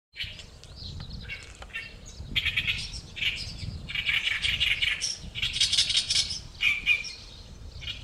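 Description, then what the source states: Oriental reed warbler song, loud harsh grating and croaking phrases, chattering bursts repeated continuously with brief pauses, low background rumble. Recorded on 2018-06-01.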